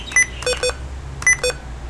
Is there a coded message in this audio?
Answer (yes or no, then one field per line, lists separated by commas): no